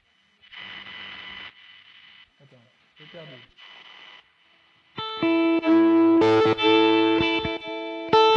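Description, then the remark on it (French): A few scratchy, noisy bursts give way to loud, overdriven electric guitar chords from an amp-modeled 57 Deluxe factory preset with gain, delay and reverb, thick and sustained, ringing out with a washy echo and reverb tail over several seconds. “Ils ont mis du gain et ils ont mis un délai et une reverb.”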